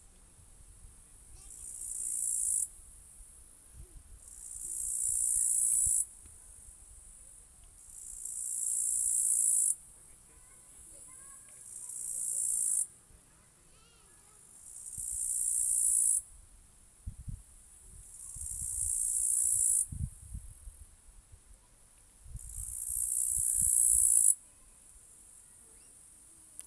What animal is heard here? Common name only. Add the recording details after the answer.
Upland Green Bush-cricket. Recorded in the wild. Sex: male. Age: adult. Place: Turaida Museum Reserve, LV. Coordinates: 57.1836, 24.8492. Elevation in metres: 110. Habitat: park. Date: 2023-08-20 15:22. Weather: 25°C, weak wind, sunny. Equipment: Smartphone Huwai P20 Lite, Batcorder app. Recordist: Frommolt, Karl-Heinz